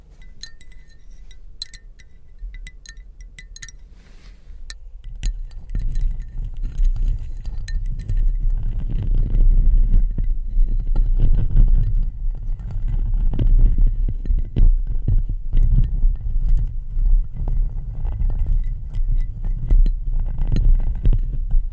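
Crystals, beads and ice tap together in sparse, bright clinks for the first five seconds. Then a dense, rough scratching and grinding takes over, louder and low, running continuously to the end with many small clicks mixed in.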